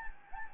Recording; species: mosquito wingbeat signal from an infrared sensor; Anopheles gambiae